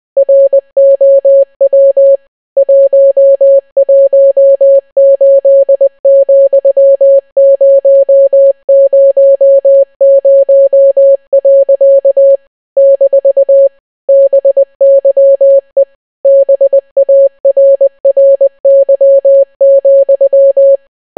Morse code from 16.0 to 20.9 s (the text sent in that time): BARRY,